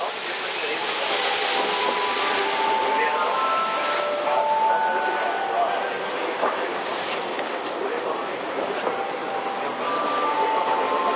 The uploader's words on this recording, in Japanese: JRE231系 伊東〜横浜。区間は伊東線→東海道線です。